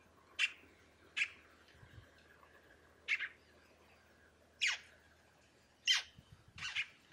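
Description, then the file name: Scarlet-throated tanager giving sharp, clipped notes spaced a second or so apart, some dropping slightly in pitch, over a quiet background. "canto do tie cabure"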